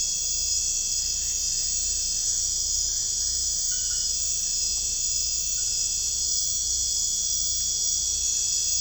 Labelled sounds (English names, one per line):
none